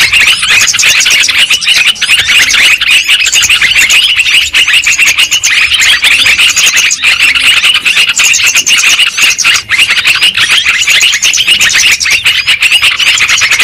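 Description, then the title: Shrill lovebird chatter goes on without a break, with many high squeaky notes overlapping into a constant, busy wall of sound. Lure sound for trapping lovebirds. "PIKAT BURUNG LOVEBIRD"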